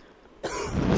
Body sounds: coughing mixed with background sound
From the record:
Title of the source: 31 night wet cough

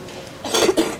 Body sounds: coughing mixed with background sound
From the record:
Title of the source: 61 morning phlegmy cough...again

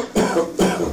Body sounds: coughing mixed with background sound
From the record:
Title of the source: Residual Phlegmy Morning Coughing and Gagging

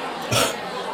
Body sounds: coughing mixed with background sound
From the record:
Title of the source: Spring Cold Coughing 3

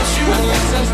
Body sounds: coughing mixed with background sound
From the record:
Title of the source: female coughing - coughing sound effects girl

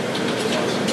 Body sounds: background sound without coughing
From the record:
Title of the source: Office Sounds Ambience - Background Noise for Study and Work

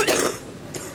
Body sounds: coughing mixed with background sound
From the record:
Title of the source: 34 coughing up crap again

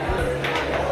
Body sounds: background sound without coughing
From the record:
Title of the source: CITY SOUNDS Busy Bar in the Evening Night - 2 HOURS of Ambiance for Relaxation

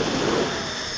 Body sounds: coughing mixed with background sound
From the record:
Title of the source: Coughing 77

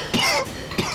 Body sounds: coughing mixed with background sound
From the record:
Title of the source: Coughing 60

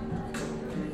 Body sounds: background sound without coughing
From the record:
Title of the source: 60 minutes of coffee shop sounds for study and concentration

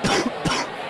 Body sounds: coughing mixed with background sound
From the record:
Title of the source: Coughing 46

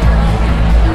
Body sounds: background sound without coughing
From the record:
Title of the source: Party Noise 1 Hour Party Ambience

